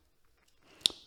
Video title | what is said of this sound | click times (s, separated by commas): How to Build the Space Adventure Rocket - Lux Blox Instructions | mostly trying to do is just not break it okay so there we go bam like that okay there's your rocket body right there | 0.9 s